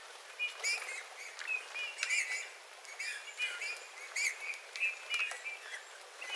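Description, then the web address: Eurasian bullfinch song: short, soft piping and creaky notes in irregular bursts, with faint clicking in the background. Several bullfinches singing, recorded 13 February 2026. "paivat 13 2 2026 punatulkkujen laulua"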